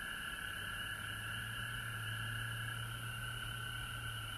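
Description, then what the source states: Frog chorus droning steadily in high overlapping trills, accompanied by a low steady hum underneath. Recorded at home in Georgia on March 19, 2020.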